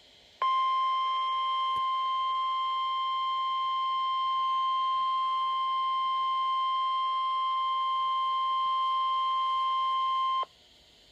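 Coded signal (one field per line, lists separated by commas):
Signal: Emergency Alert System (SAME) tones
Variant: 1050 Hz attention tone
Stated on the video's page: Flood and Coastal Flood Warning double header, recorded off weather radio station in 2016.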